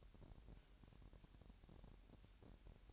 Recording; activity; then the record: daily activity, microphone in the room; take from stove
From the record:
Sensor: 2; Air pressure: 1012.0 hPa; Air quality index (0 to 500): 186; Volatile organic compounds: 3 ppm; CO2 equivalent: 1322 ppm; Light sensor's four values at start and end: 78/186/76/74 and 78/186/76/74